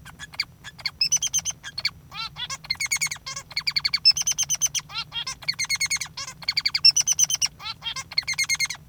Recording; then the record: song of a male Bengalese finch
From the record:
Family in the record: father 3